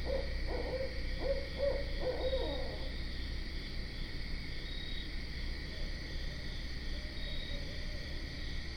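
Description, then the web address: Barred owl hoots: a quick rhythmic series of notes in the first three seconds, then fainter notes later, over a steady ringing insect chorus. Recorded on 12 September 2010. "Barred Owl 2010 09 12"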